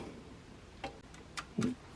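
A flat ribbon cable is pushed into its circuit board connector inside a Toshiba SD-2800 DVD player, giving a sharp click at 0.8 s as it seats. A few lighter ticks follow around 1.1, 1.4 and 1.6 s over a low background hum. The cable ends up seated and firm.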